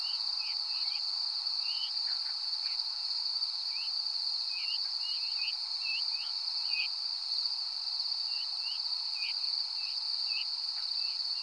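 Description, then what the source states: Veery, repeated short slurred call notes in loose clusters throughout, set against an unbroken high insect trill. Descending calls at Danby on 13 August 2020 at 05:30.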